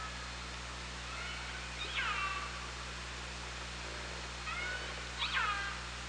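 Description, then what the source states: Killer whale calls: several sweeping, harmonic-rich squeals that rise then fall sharply, heard over steady underwater hiss and low hum. OrcaLab hydrophone, 24 August 2017 at 17:04:42.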